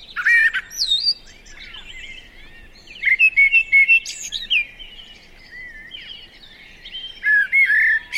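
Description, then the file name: Eurasian blackbird song phrases, warbled with squeaky high notes, given a few times over background birdsong. "Turdus merula"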